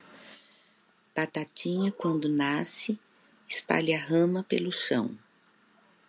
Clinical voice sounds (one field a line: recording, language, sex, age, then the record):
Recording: short text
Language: Brazilian Portuguese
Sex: female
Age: 60 to 69 years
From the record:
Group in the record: control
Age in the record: 64 years